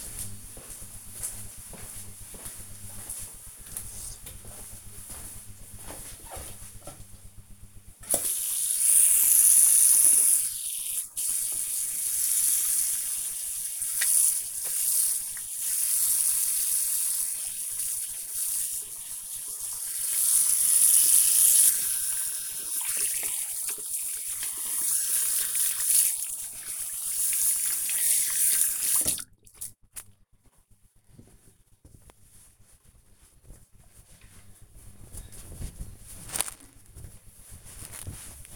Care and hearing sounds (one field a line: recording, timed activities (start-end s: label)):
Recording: household activities, microphone on the right wrist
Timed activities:
5.89-30.05 s: washing hands